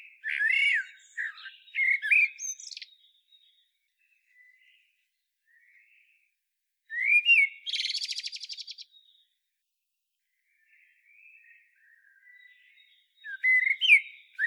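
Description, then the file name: Common blackbird singing mellow, low warbled phrases that end in thin, squeaky twitters, three phrases spaced about six seconds apart with quiet pauses between. "Turdus merula"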